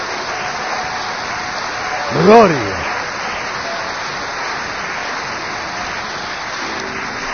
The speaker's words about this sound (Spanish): Démosle palmas al Señor.